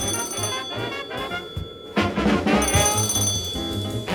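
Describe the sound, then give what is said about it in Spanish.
A telephone rings in repeated bright, trilling bursts, with a steady high tone running underneath and a pulsing low rhythm throughout; no one speaks. “Cuando llamé por teléfono al día siguiente, comprendí que para ella yo nunca había sido más que un garabato.”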